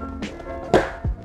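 A plastic wall panel of a five-tier plastic wardrobe is pressed a second time into its wardrobe frame connector, snapping into its joint with a sharp click at 0.7 s, followed by a softer low thump just after 1.0 s. Steady music plays underneath throughout. The panel is seated in its joint.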